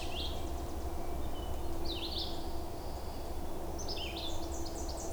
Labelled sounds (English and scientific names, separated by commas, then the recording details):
Red-eyed Vireo (Vireo olivaceus) song
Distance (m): 30 m
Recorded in boreal forest in Alberta, Canada, on 26 May 2016 at 07:08
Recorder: SongMeter 3, array SBT-3-15
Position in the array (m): 109 m, 193 m